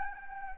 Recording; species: mosquito wingbeat signal from an infrared sensor; Anopheles gambiae